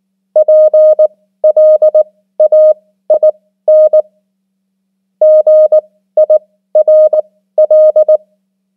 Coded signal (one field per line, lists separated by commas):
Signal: Morse code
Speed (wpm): 20 wpm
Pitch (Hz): 620 Hz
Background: none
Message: PLAIN GIRL